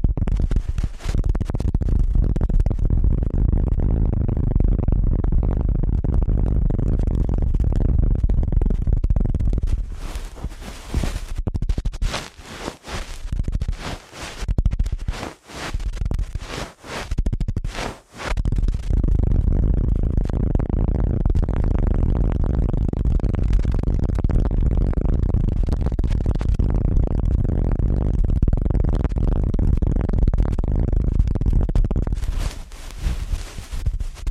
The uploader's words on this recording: ASMR Ear Cleaning at Helicopter Speed.